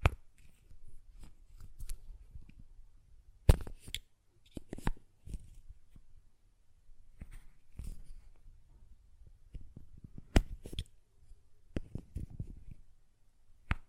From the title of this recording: Glass Perfume Bottle Tapping & Lid Sounds